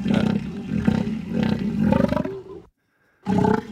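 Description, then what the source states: Elephant seal roaring in rapid, rattling low pulses for about two and a half seconds, a brief silence, then another pulsed guttural burst. Played back; a third individual calling; each individual has its own sound, like a tractor struggling to start.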